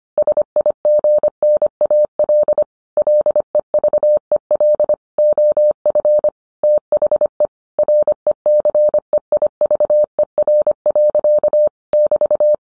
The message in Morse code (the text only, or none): SIGNAL LEVEL OF THE RECEIVER. <BT>